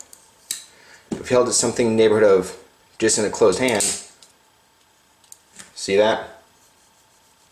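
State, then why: Not seated. A Kershaw Launch 6 automatic folding knife, held in a closed hand, fires its blade open, and the blade bounces back with a sharp metallic snap while someone talks. The metal plunge lock does not move into the locked position, so nothing has locked or clicked into place.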